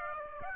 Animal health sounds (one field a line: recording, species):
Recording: mosquito wingbeat signal from an infrared sensor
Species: Aedes aegypti